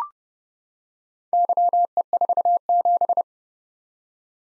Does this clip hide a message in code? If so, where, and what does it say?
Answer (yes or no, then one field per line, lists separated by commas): yes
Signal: Morse code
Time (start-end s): 1.3-3.2 s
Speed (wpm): 30 wpm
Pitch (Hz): 700 Hz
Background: none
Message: YE47